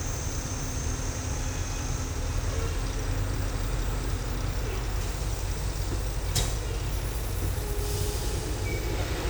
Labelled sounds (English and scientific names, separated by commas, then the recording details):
none
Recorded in dense forest near Puerto Asís, Putumayo, Colombia, on 16 December 2024 at 11:30
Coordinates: 0.467, -76.328
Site GP05